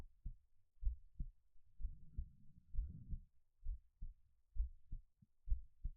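Steady paired low thumps at about 65 a minute: a normal adult heartbeat heard close up, with brief rustling midway.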